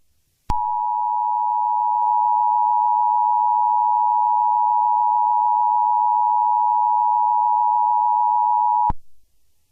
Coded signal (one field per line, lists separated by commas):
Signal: Emergency Alert System (SAME) tones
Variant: 853 and 960 Hz attention tone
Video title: The Purge: Remastered ~ A Remastered EAS Mini scenario